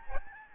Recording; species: mosquito wingbeat signal from an infrared sensor; Aedes albopictus